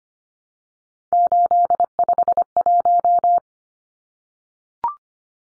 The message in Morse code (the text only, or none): 851